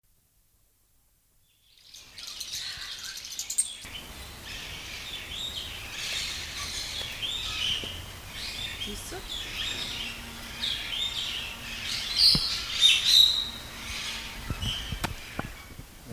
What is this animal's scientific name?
Myophonus caeruleus